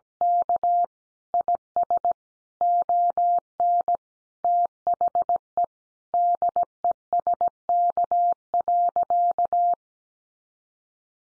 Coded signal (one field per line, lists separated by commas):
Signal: Morse code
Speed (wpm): 17 wpm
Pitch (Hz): 700 Hz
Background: none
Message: K IS ON THE DESK.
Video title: Additional Easy Phrases 17wpm